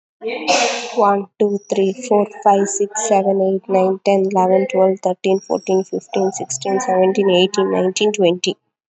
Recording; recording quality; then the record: counting at a fast pace; excellent, no background noise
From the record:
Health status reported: COVID-19 positive, mild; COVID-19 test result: positive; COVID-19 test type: RT-PCR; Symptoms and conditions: cough, cold, sore throat, fatigue, muscle pain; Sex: female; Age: 28 years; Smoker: no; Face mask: worn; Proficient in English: yes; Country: India